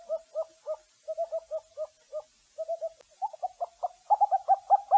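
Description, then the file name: Owl giving short, clipped hoots in uneven series, some notes doubled, becoming slightly higher and louder near the end. "suara burung hantu"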